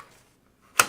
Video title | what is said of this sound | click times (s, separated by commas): Corsair Graphite Series 380T Review [HD] | it slides and clicks into place, so you don't need any screwdrivers. | 0.8 s